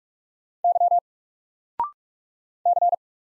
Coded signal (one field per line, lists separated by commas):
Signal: Morse code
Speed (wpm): 46 wpm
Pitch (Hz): 700 Hz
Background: none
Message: Y C